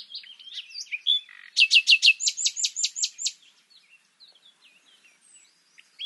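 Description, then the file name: Common nightingale singing soft twitters, then a loud series of sharp repeated notes, fading into quiet, scattered high chips. "Luscinia megarhynchos"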